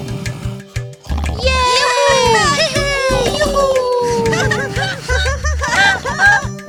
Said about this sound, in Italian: Poco dopo, i bambini cominciarono a fare rumore nella casa. Questo svegliò il contadino, che iniziò a giocare con loro.